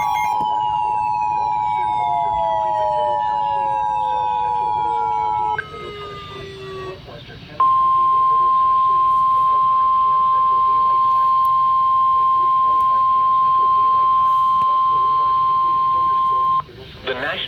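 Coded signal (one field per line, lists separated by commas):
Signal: Emergency Alert System (SAME) tones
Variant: 853 and 960 Hz attention tone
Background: speech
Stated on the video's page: Flash flood warning SAME tones on NOAA weather radio.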